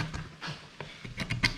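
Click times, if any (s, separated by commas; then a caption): 1.3 s, 1.4 s. A bearing retaining ring on the rear axle shaft of a 2004 Tacoma is tapped down with a small block of wood during a rear axle bearing replacement with an ABS speed sensor. Dull knocks are followed by two sharp clicks at 1.3 s and 1.5 s as the ring snaps into its groove. The ring is confirmed seated all the way around.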